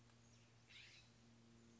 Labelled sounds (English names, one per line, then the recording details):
California Scrub-Jay
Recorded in Sonoma County, California